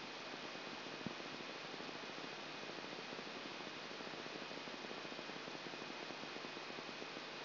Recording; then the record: brain microelectrode recording played as sound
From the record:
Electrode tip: outside the subthalamic nucleus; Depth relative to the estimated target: -8 mm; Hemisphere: right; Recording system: AlphaMap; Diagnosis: Parkinson's disease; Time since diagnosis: 24 years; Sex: female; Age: 57 years